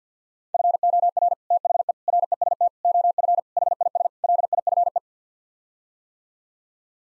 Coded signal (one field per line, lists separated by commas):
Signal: Morse code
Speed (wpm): 50 wpm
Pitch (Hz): 700 Hz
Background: none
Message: FOR THE REST OF HIS LIFE